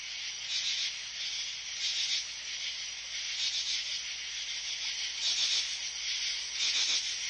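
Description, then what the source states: Crickets rasping in repeated scratchy pulses, roughly every second and a half, layered over a continuous high insect drone. Crickets in a forest at night.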